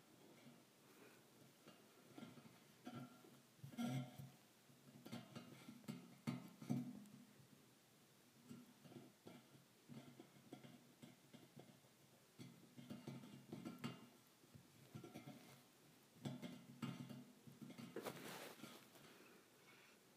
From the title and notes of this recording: ASMR Metal Bars Tapping on Metal.